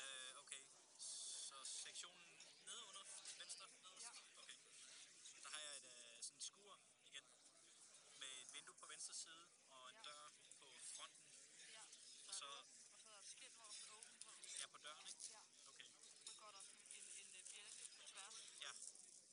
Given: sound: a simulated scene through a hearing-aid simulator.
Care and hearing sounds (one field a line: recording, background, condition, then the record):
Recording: conversation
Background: cafeteria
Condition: 0 dB SNR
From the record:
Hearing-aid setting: III (slow-acting compression, loudness normalization, advanced features for about 2.5 dB of SNR improvement)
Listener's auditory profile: C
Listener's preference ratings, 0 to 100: 58, 70, 54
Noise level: 65 dB SPL